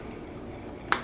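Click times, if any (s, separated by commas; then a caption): 0.9 s. A plastic moisturizer refill pod is pushed down into its refillable outer jar and snaps into place with one sharp click at 0.9 s. The click stands out against quiet background noise, and the pod is seated.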